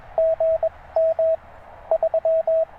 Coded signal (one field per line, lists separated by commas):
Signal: Morse code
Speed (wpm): 22 wpm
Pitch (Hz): 690 Hz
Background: radio noise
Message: G M 3